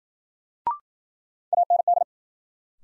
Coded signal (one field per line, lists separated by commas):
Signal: Morse code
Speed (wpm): 54 wpm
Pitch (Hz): 700 Hz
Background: none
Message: AND